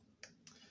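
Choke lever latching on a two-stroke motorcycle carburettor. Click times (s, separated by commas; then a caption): 0.2 s. On a two-stroke Garelli Mini Prix motorcycle carburettor, the choke return lever is squeezed and the choke operated until the metal choke mechanism clicks into place with a sharp click at 0.2 s, followed by a second, softer click at 0.5 s. The choke is now latched in the on position, where it is kept until the screws go in.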